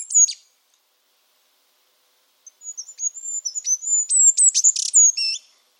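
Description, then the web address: Bird singing: a brief very high note at the start, silence, then a three-second run of thin high whistles and quick chips. The run builds and ends in a buzzy flourish. "cianscape. Deverinetal 2025. Bird Only"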